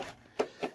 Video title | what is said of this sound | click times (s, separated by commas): 02, 03, 04, 05 Ford Explorer Remove Cup Holder, Replace Cigarette Lighter, Install USB Charger Port | that pops right in that hole | 0.4 s